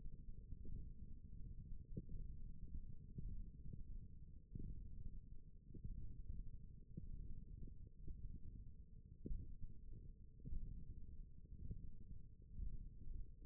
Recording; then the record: forearm muscle sounds (acoustic myography)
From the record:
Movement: index flexion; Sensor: system 1, eight BSWA MPA416 microphones around the upper forearm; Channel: 1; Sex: male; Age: 21 years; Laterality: right